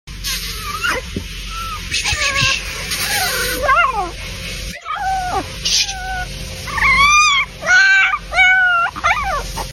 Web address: sound Poodle. صدای-سگ-پودل